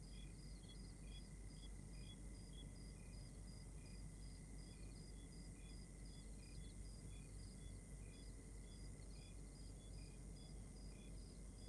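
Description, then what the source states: Crickets chirping: several overlapping callers give rapid, evenly pulsed high chirps at different pitches, with one steady high tone, over a constant low rumble. External night ambience recorded in Rwanda.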